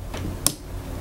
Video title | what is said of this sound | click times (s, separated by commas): GoPro HERO 5 BLACK Tutorial: How To Get Started | till it clicks in place. | 0.5 s